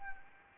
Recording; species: mosquito wingbeat signal from an infrared sensor; Anopheles gambiae